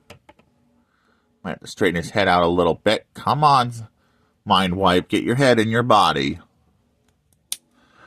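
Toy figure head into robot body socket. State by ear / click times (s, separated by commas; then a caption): seated / 7.5 s. Someone talks while pushing the small plastic head of a Transformers Headmasters Mindwipe action figure into the peg hole of its robot body, with a few faint taps near the start. After the head is straightened, a sharp, loud click at 7.5 seconds marks it seating into the body.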